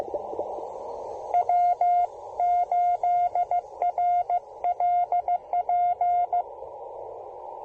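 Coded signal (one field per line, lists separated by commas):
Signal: Morse code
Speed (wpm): 16 wpm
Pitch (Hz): 710 Hz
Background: none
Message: W8RLP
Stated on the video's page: Portable Parks on the Air activation using a Yaesu FT-817ND, end-fed half-wave antenna and Begali Traveler key, with power lines nearby.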